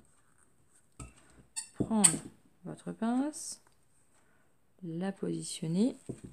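While a fabric tobacco pouch is being made, the flat-ball stud of a snap fastener is pushed into its mating setting piece until it clicks. A sharp click is heard at 1.0 s, showing the stud has seated, and someone talks for the rest of the clip.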